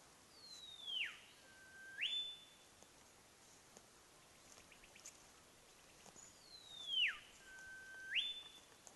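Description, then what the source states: Olive whistler song: two clear whistled phrases, each sliding steeply down, holding a low steady note, then snapping sharply upward, about six seconds apart. Recorded at Rennick.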